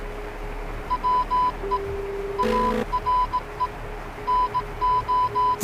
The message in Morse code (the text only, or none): WE ARE NO